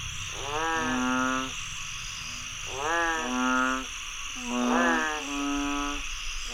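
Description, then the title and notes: Frogs giving drawn-out nasal croaks in several bursts, each rising at the start, over a steady high background hum. Frogs croaking after heavy rainfall in Chiang Mai, Thailand. "Frogs croaking after heavy rainfall in Chiang Mai, Thailand. Alex Boyesen"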